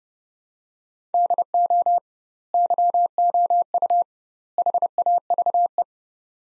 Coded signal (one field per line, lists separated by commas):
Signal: Morse code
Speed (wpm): 30 wpm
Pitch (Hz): 700 Hz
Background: none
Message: DO YOU HAVE